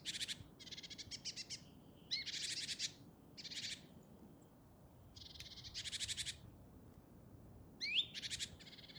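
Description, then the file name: Great tit harsh churrs repeated in bursts of varied length, with sharp rising whistled notes mixed in. "Parus major"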